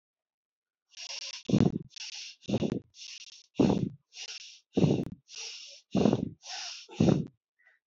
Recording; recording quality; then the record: deep breathing; moderate, slight background noise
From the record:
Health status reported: healthy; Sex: female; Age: 39 years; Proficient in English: yes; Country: India